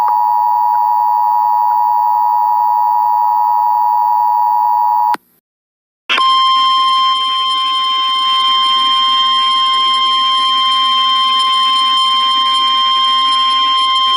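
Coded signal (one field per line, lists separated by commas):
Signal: Emergency Alert System (SAME) tones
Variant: 853 and 960 Hz attention tone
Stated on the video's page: Real tornado warning EAS tones as aired on local St. Louis TV stations and NOAA Weather Radio.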